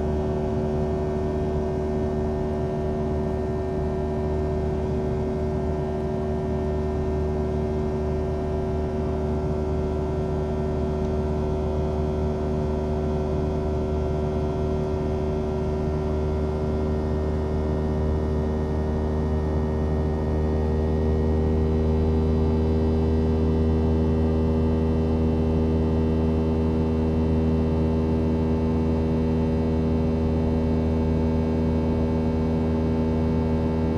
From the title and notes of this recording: The sounds of a flight from San Francisco International Airport to Phoenix Sky Harbor International Airport.